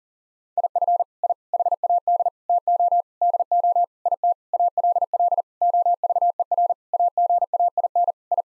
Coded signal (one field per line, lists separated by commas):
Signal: Morse code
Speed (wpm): 40 wpm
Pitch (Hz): 700 Hz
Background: none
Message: IF I HAD TO DO IT ALL OVER AGAIN I